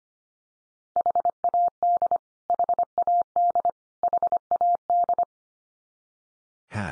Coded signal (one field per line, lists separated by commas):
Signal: Morse code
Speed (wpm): 25 wpm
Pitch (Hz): 700 Hz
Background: none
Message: HAD HAD HAD